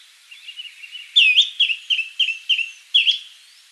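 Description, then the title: Greenish schiffornis calls, a series of six bright, slurred whistled notes after softer introductory notes. "LuckyPassaro Completos2Sama. Greenish Schiffornis (Schiffornis virescens)"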